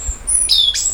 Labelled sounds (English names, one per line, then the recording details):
Stitchbird song
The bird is a male
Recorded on Tiritiri Matangi Island, New Zealand, in 2005
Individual 12, of nest box 16